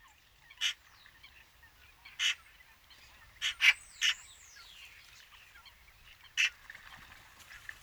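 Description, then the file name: Eurasian magpie repeating short, harsh calls at irregular intervals, alongside a thin falling whistle and faint chirps from other birds. "Pica pica"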